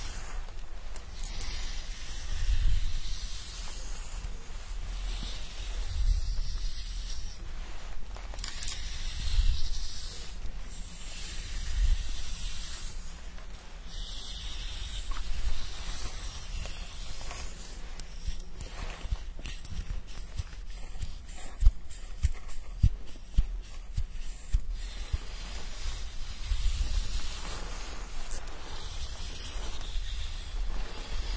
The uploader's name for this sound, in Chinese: 沉浸式洗头体验 & 头皮按摩